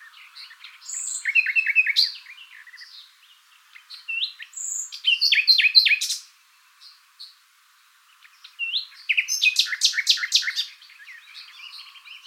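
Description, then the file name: Common nightingale song in varied phrases of rapid repeated chirps and rattling notes, each burst lasting two to three seconds, separated by short pauses. "Luscinia megarhynchos"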